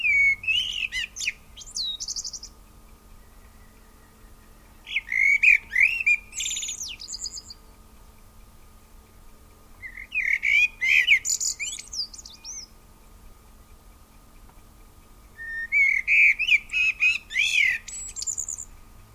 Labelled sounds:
Common Blackbird song
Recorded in the wild
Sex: male
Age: adult
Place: Garmisch-Partenkirchen, Ammergauer Alpen, Bayern, DE
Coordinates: 47.5089, 11.0219
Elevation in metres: 1590
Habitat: mountains
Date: 1962-04-22
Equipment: Stellavox SM 5, langes Kabel, Original, Vollspur
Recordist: Tretzel, Erwin

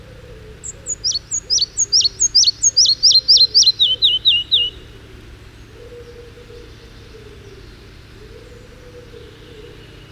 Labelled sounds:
Red-breasted Flycatcher song
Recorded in the wild
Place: Sassnitz, Insel Rügen, Mecklenburg-Vorpommern, DE
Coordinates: 54.516, 13.633
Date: 1975-05-19
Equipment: Nagra III BH, Sennheiser MD 21, parabola
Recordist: Schubert, Michael

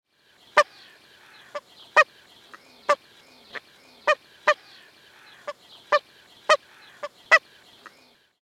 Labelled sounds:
Brent Goose
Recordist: Tembrock, Günter
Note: Kurzlaute

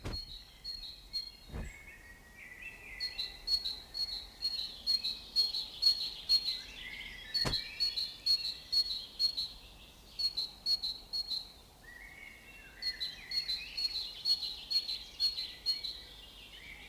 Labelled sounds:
Great Tit
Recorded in the wild
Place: Bogensee, Barnim, Brandenburg, DE
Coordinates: 52.7714, 13.5294
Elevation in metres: 60
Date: 2004-05-30 14:50
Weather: sunny, 21-24°C
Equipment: Sony WM-D6C, Sennheiser ME 80, Kopie Uher 4000 Report Monitor
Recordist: Tembrock, Günter

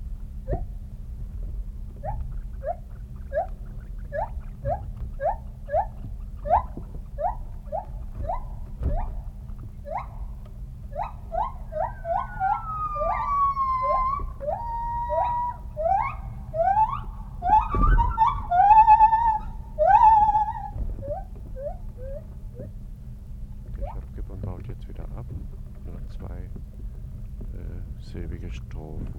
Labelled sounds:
Silvery Javan Gibbon
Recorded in captivity
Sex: diverse
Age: adult
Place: Tierpark Berlin, Berlin, DE
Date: 1980-10-11
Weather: sonnig, windstill, 5 - 8°C
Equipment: Nagra SN, Kopie Uher 4200
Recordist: Tembrock, Günter

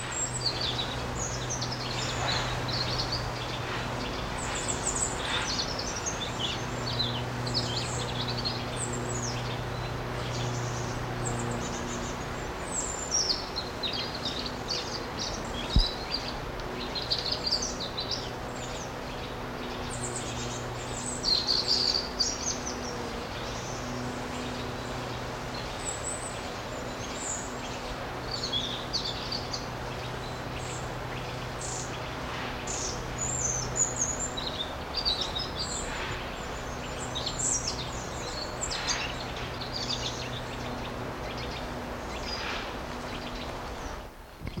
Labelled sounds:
Eurasian Nuthatch
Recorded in the wild
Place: Eutin, Holsteinische Schweiz, Schleswig-Holstein, DE
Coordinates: 54.132, 10.614
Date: 1992-09-11
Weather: sonnig, 15-22°C
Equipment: Marantz CP 430, Sennheiser ME 80, Kopie Tesla B 116
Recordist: Tembrock, Günter

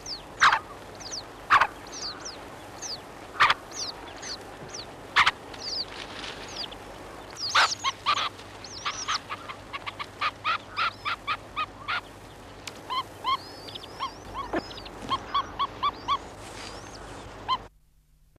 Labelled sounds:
Red-necked Phalarope call
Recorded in captivity
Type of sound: call
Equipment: Halbspur, 9,5 cm/s
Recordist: Lütgens, Hans
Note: Altvögel und auch Junge

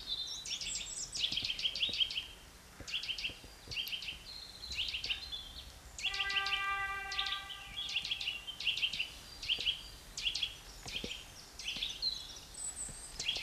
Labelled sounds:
Eurasian Nuthatch song
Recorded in the wild
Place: Locarno, Tessin, CH
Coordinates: 46.1872, 8.79278
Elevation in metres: 1036
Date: 1978-03-11 17:15
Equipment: Uher 4000 Report
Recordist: Tretzel, Erwin

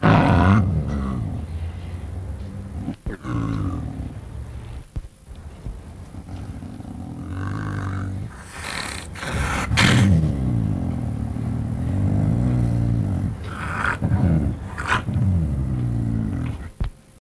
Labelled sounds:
Snow Leopard call
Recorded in captivity
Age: adult
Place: Tierpark Berlin, Berlin, DE
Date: 1962-12-01 17:00
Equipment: Minifon, Kopie Smaragd
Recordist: Tembrock, Günter

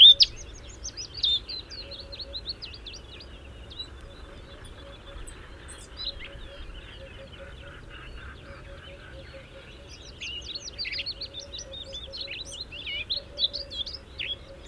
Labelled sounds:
Eurasian Blackcap song
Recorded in the wild
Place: Tulcea, M?cin-Gebirge, Dobrogea, DE
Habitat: mountains
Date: 1973-05-10
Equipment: Nagra III BH, Sennheiser MD 21, parabola
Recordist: Schubert, Michael

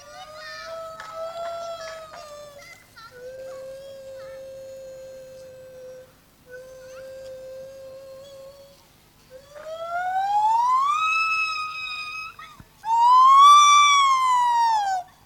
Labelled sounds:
Lar Gibbon
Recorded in captivity
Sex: pair
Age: adult
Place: Tierpark Berlin, Berlin, DE
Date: 1986-10-04
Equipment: Nagra SN, Kopie Uher 4000 Report Monitor
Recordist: Tembrock, Günter
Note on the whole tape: Paar: Rufe und Duette; das Männchen (hellere Stimme) später allein; längere Strecke

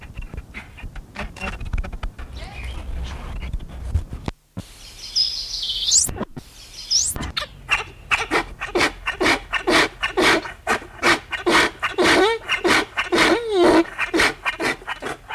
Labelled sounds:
Onager
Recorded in captivity
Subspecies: kulan
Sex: diverse
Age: adult
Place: Zoo Halle, Sachsen-Anhalt, DE
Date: 1978-07-12 13:12
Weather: sunny, 26°C
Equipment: Uher CR 210, Sennheiser MD 421, Kopie Uher 4200
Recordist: Tembrock, Günter

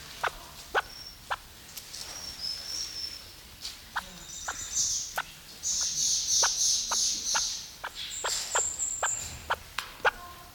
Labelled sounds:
Great Argus call
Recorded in captivity
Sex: male
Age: adult
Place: Zoo Berlin, Berlin, DE
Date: 1994-01-08
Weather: wolkig bis sonnig, 6°C
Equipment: Marantz CP 430, Sennheiser MKH 416 T, Kopie Uher Variocord 263
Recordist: Tembrock, Günter
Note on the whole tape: Männchen am Gitter, auf Beobachter bezogene Lautfolgen

